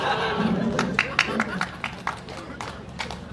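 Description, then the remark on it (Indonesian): Scattered, uneven hand claps from an audience, a dozen or so sharp slaps at irregular intervals, mixed with a low murmur of voices underneath. “Udah gak usah tepuk tangan, nanti sulit tepuk tangan.”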